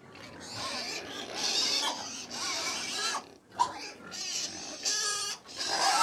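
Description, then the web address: Many pigs squealing loudly, shrill harsh squeals in repeated waves with grunting underneath and brief pauses between bursts. About 100 pigs feeding; livestock. "BBC Sound Effects Library BBC Livestock 1 Approx 100 Pigs Feeding - Middle"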